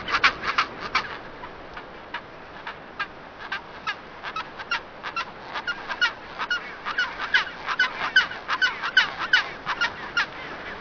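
Chinstrap penguin calls, short harsh notes repeated rapidly and unevenly over a steady background hiss.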